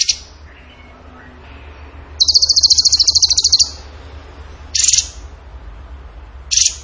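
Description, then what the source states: Songbird giving a rapid, buzzy, very high trill lasting about a second and a half, with short sharp chirps before and after it. Masteran (training recording) for song birds in the tembakan gacor song style.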